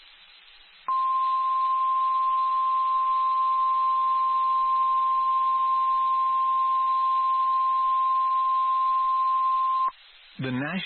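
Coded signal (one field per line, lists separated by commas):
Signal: Emergency Alert System (SAME) tones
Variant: 1050 Hz attention tone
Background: speech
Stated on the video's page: Flash flood warning from NOAA Weather Radio transmitter WXK79 in Lubbock, Texas.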